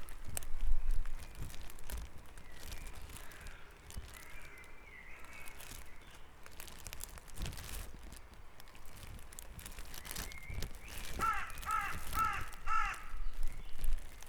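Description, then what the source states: Birds calling over a noisy low rumble: scattered faint whistles, then near the end a run of four evenly spaced harsh calls. Dawn chorus recorded at Back Dragon Avenue, Harrogate, as part of a sound map of Harrogate.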